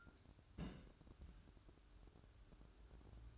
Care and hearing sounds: daily activity, microphone in the room; place on stove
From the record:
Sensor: 2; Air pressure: 1007.9 hPa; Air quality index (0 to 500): 102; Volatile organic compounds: 1 ppm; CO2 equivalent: 767 ppm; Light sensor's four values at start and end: 7/16/6/6 and 7/16/6/6

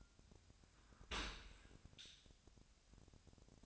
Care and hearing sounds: daily activity, microphone in the room; open dishwasher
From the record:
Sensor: 2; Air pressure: 1006.6 hPa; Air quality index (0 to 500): 202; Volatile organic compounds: 14 ppm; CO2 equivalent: 2468 ppm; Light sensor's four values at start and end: 9/21/9/9 and 9/21/9/9

